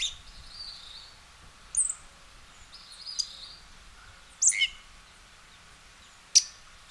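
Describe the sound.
Western red-legged thrush delivering sharp high calls, one with a downward slur, amid faint softer bird notes and a hissing background.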